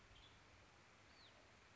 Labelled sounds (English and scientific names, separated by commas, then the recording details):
Western Tanager (Piranga ludoviciana)
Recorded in Sonoma County, California